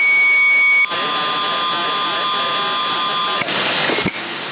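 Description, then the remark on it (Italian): A steady, high-pitched interfering carrier whistle, read at about 9 plus 20, cuts across a CB radio channel in Sassari in November 2020. It is loud and alone at first, then a fainter pair of tones persists under garbled, muffled voices and static. “Comunque qua il segnale tuo è quasi 9:20, la portante è 9:20 spaccata, ti manda un fischio e ti supera.”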